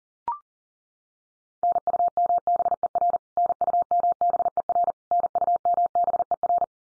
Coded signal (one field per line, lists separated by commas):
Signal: Morse code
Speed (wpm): 40 wpm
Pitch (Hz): 700 Hz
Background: none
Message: NUMBER NUMBER NUMBER